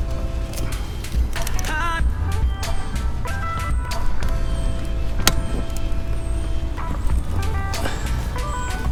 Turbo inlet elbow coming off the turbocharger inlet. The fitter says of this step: a click okay so